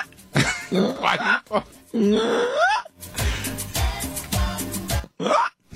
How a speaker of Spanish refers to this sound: Y todos, ¿qué trae, jefe? Ya le dio el hipo.